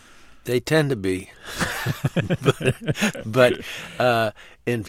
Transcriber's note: soundbite of laughter